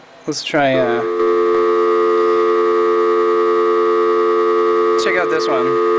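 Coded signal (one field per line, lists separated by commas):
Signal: telephone call progress tone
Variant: North America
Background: speech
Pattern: dial tone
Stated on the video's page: Simulated payphone tones from PayPhone DS software, with interactive test units, test numbers and coin return.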